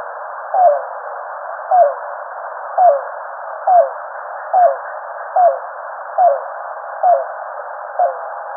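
Yellow-billed cuckoo giving a series of nine brief downslurred notes, evenly spaced a little under a second apart, with constant hiss behind.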